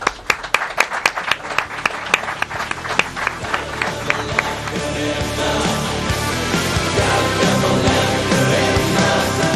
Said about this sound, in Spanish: Este aplauso grande de parte de todos ellos.